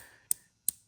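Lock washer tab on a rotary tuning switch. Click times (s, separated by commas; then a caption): 0.3 s, 0.7 s. A rotary tuning switch for an Edge CTS3 and CSP4 SOTF install on a 6.7 Cummins is twisted to the wanted position, and its tab lock washer is pushed down to lock the number of tune positions: three clicks for four tunes. Two sharp, bright clicks ring out at 0.3 s and 0.7 s over a faint low background. The lock washer tab seats into its detent, locking the switch.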